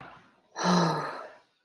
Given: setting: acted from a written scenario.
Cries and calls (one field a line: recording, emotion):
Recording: vocal sound without words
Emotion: relief